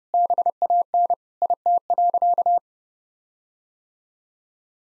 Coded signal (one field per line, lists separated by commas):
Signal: Morse code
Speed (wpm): 32 wpm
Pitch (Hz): 700 Hz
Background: none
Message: BAN IT.